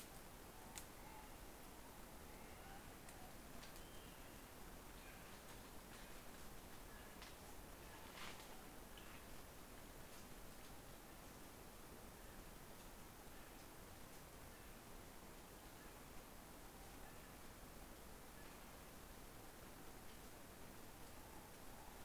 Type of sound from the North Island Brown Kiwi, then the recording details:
male call. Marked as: faintness 5/5. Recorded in New Zealand on 16 November 2013. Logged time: 21:44. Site BS16